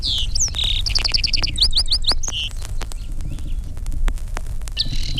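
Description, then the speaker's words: Lark sparrow singing a quick mix of buzzy and whistled notes and rapid repeated high chips, then a pause and another brief phrase at the end. Lark sparrow voice similar to song sparrow's; it sometimes puts in a buzzy note. "Listen now to the lark sparrow, who sometimes puts in a buzzy note."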